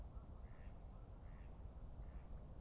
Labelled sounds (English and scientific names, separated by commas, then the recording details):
Mallard (Anas platyrhynchos)
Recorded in Germany
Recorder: ecoPi